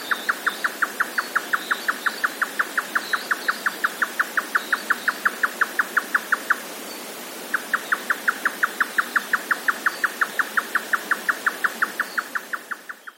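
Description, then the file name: Grey nightjar song, a rapid tapping series with an one-second gap near seven seconds, then resuming and fading out at the end. "yotaka"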